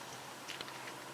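A wiring harness connector is pressed with some force onto the engine knock sensor of a 5.3L Chevy Avalanche. Against steady broadband noise, two short clicks are heard at 0.5 s and 0.6 s as the connector snaps into place. The connector is seated.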